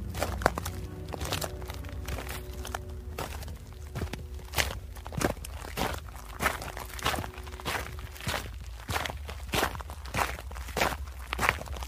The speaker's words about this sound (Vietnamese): Khu vực phía sau cửa đá này dường như rất vọng âm, tiếng bước chân tuy ở xa nhưng ghé tai qua cửa là nghe rõ một một, không lầm được, đúng là tiếng chân người đi, nghe rất nặng nề, như cả ngàn cân dậm xuống vậy.